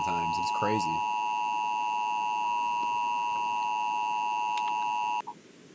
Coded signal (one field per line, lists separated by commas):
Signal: Emergency Alert System (SAME) tones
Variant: 853 and 960 Hz attention tone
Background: speech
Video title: watching EAS scenarios and hanging out join plz part 2 (part 2 of part 2)